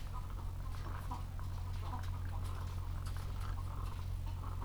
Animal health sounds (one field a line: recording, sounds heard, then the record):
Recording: poultry house recording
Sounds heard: sick chickens (respiratory disease)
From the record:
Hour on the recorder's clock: 13